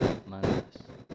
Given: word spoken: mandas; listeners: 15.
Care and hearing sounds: one Spanish word in noise, from a listening test; noise modulated by one talker; -11.3 dB; 1 of 15; 9 of 15; 0.75 s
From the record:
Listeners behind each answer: 9, 4, 1, 1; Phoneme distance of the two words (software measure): 10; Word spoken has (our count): 2 syllables, 6 phonemes, stress on syllable 1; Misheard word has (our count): 2 syllables, 6 phonemes, stress on syllable 1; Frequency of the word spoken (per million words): 1.04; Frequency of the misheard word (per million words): 5.38

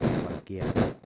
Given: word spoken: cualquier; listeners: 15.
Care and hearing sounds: one Spanish word in noise, from a listening test; noise modulated by one talker; -9.8 dB; 0 of 15; 14 of 15; 0.65 s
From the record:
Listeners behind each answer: 14, 1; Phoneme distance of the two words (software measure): 7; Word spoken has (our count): 2 syllables, 8 phonemes, stress on syllable 2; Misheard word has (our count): 3 syllables, 9 phonemes, stress on syllable 2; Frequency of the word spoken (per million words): 362.88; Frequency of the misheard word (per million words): 72.91

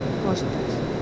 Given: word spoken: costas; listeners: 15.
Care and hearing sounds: one Spanish word in noise, from a listening test; speech-shaped noise; -4.9 dB; 4 of 15; 10 of 15; 0.62 s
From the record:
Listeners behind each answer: 10, 4, 1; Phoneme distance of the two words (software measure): 14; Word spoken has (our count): 2 syllables, 6 phonemes, stress on syllable 1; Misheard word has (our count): 2 syllables, 6 phonemes, stress on syllable 1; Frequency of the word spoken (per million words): 19.69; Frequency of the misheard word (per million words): 2.12

